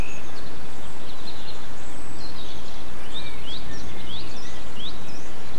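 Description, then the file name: Birds call with quick upward-sweeping whistles and soft chirps, over a continuous low rushing noise. Birdsong extract recorded 8 April 2007 on an MZ-N 710 recorder. "MZ-N 710 Chants d oiseaux 8 04 07 extrait"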